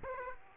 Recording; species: mosquito wingbeat signal from an infrared sensor; Aedes aegypti